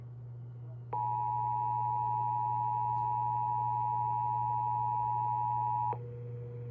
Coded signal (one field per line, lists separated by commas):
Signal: Emergency Alert System (SAME) tones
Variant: 853 and 960 Hz attention tone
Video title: EAS EAS 1227-EAS 1228: KDKA EAS TEST